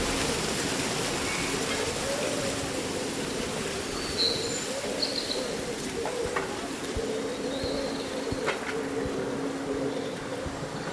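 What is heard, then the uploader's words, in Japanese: A steady wash of rustling leaves fills a summer breeze, with a low cooing drone, brief bird chirps around four and nine seconds. そよ風の吹く夏の日、ざわめく葉と鳥のさえずり。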